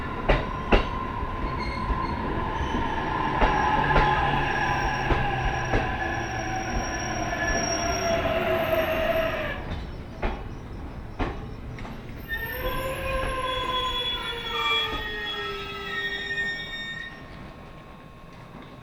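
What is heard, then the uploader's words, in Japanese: A train on the Tohoku Main Line rumbles steadily along, with sharp clicks of wheels over rail joints every second or two. High metallic squeals rise and sway throughout, strongest after the midpoint, before the rumble eases and quiets near the end. 鉄道旅 東北本線 黒磯→新白河。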